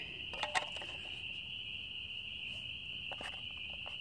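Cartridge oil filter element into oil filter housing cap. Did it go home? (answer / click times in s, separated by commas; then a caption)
no / none. A new cartridge oil filter element is being pushed into the plastic oil filter housing cap of a 2017 Jeep Cherokee during an oil change. A steady high-pitched tone runs throughout, with light handling taps around 0.4–0.6 s (the sharpest at 0.6 s) and faint ticks near 3.1–3.3 s. The element has not clicked or seated into the cap yet.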